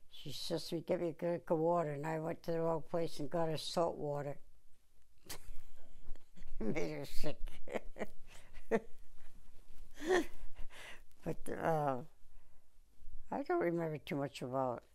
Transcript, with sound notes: She says to me, "Get me a drink of water," and I went to the wrong place and got her salt water. Made her sick. [Chuckles] But I don't remember too much about it.